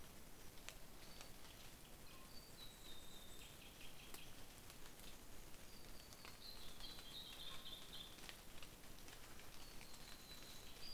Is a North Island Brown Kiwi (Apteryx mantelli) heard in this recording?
no